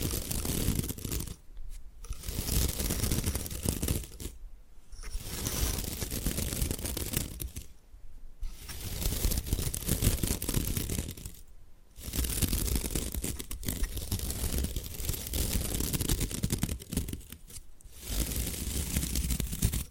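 Bamboo being scratched and brushed in dense, rough bursts of dry friction noise that run a few seconds each. Short near-silent pauses break the sound about every three seconds, near 2, 4.5, 8, 12 and 17.5 seconds. The scraping stays fairly even in loudness throughout.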